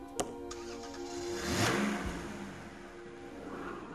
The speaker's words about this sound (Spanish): Desde allí, Woody pudo oír el coche de Andy arrancar y marcharse.